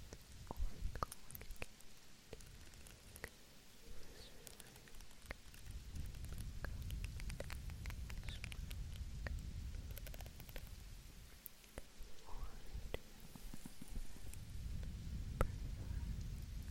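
Gentle, unintelligible whispering layered over soft, fluffy rubbing on the microphone. A low muffled rumble swells and fades throughout, while quick crackly taps and brushing sounds scatter densely across the whole clip, like light patter.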